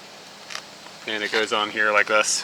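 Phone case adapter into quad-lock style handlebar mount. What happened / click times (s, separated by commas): Phone mount handled, not yet seated / none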